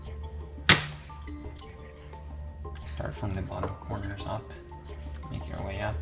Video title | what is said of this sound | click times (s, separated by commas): Laptop Screen Replacement / How To Replace Laptop Screen ACER Aspire 5742-6475 | properly we start to go ahead and snap it into place | 0.7 s